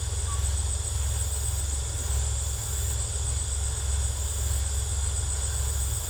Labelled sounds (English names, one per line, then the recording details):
none
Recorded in secondary vegetation near Puerto Asís, Putumayo, Colombia, on 20 December 2024 at 18:30
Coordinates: 0.468, -76.324
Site G095